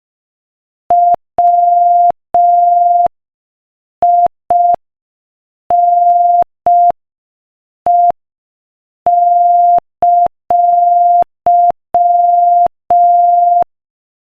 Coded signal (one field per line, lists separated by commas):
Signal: Morse code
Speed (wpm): 5 wpm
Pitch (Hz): 700 Hz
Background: none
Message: WINE!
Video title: Morse Code Practice: 5 wpm Joke #5